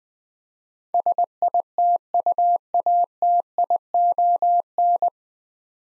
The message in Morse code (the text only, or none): SITUATION